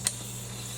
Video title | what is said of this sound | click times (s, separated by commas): DYSON DC24 VACUUM REPAIR RESTORATION | even have this handle extends and locks in place okay | 0.1 s